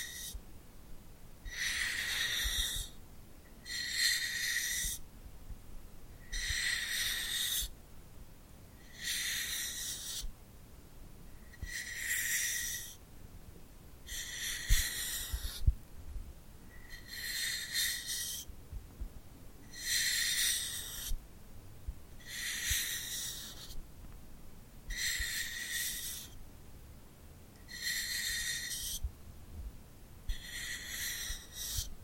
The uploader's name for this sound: ASMR Tingly Glued Hand Sounds